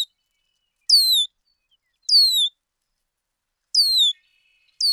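Bird calls: high, clear whistles sliding downward, repeated several times at uneven intervals.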